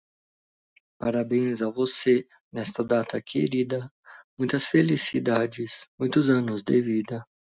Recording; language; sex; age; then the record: short text; Brazilian Portuguese; male; 30 to 39 years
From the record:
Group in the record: control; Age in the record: 38 years